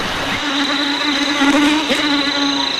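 A mosquito buzzes steadily for a few seconds, a continuous thin, droning whine with a slight wavering in pitch and no voices.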